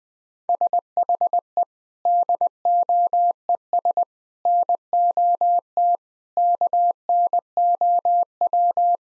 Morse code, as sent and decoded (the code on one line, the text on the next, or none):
... .... . / -.. --- . ... / -. --- - / -.- -. --- .--
SHE DOES NOT KNOW